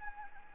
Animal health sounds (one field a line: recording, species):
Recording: mosquito wingbeat signal from an infrared sensor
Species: Anopheles gambiae